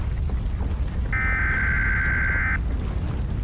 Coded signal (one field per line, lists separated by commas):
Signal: Emergency Alert System (SAME) tones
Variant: header bursts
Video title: Wasatch - An EAS Scenario